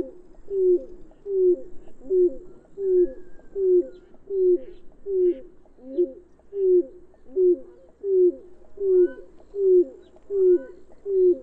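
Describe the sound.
Bird giving a steady series of low, soft coos, repeated evenly about every three quarters of a second.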